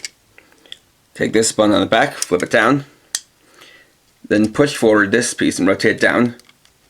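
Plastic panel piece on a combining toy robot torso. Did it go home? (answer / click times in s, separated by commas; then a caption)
no / none. A plastic panel piece on a combining toy robot torso is handled, pushed forward and rotated down while someone talks, with a few faint plastic taps early on and one sharp, loud hit at about 3.2 s between phrases. Nothing has seated or clicked into place yet.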